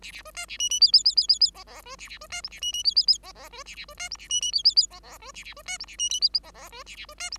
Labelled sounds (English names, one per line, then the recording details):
Bengalese Finch song
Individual Bird5